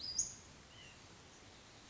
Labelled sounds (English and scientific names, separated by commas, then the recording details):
White-breasted Nuthatch (Sitta carolinensis)
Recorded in Sonoma County, California